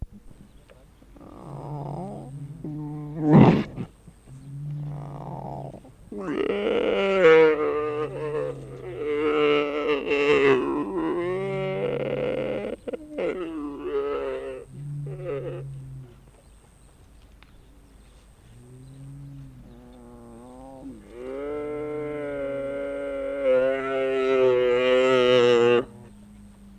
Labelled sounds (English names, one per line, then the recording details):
Mule Deer call
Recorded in captivity
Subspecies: hemionus
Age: diverse
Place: Tierpark Berlin, Berlin, DE
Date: 1964-11-08 10:00
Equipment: R 21, Sennheiser MD 421, Vollspur
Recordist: Tembrock, Günter